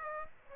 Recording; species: mosquito wingbeat signal from an infrared sensor; Aedes aegypti